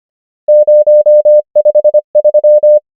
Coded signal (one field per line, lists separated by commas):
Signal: Morse code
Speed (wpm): 25 wpm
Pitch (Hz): 600 Hz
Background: none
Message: 0 5 3